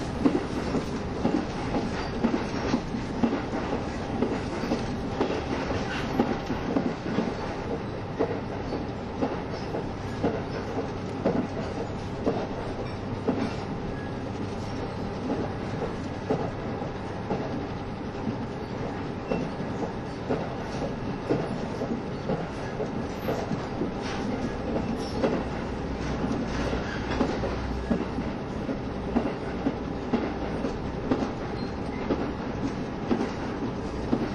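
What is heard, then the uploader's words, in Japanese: Running sound of a KiHa 72 series Yufuin no Mori diesel train between Yufuin and Ukiha. A steady, dense rumble with a low engine drone holds throughout, while quick rhythmic wheel clacks and rattles tick across it. The level stays even for the whole stretch. キハ72系 ゆふいんの森06号01 由布院～うきは。走行音。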